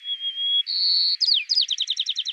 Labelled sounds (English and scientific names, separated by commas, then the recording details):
White-crowned Sparrow (Zonotrichia leucophrys) song
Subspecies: nuttalli
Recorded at Lobos Dunes, California, in 2014
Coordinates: 37.788, -122.475
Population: north
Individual LODU_WS-KM_14